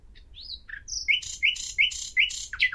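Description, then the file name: Common nightingale song, opening with rising and falling whistles, then a loud series of four sharp repeated notes about three per second, ending in twisting chirps. "Luscinia megarhynchos"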